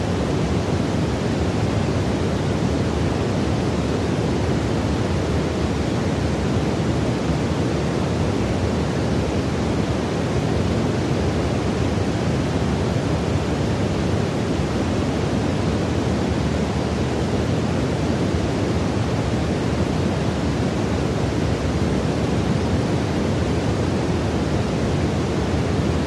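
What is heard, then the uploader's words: White noise filtered to sound softer and less harsh, with its weight in the lower and middle range and the top end rolled off. It holds perfectly steady at an even, fairly loud level for the whole stretch, with a smooth, rushing texture. Baby Sleep Aid White Noise. Featuring standard stereo white noise but filtered to be softer and less harsh for a more gentle sleep.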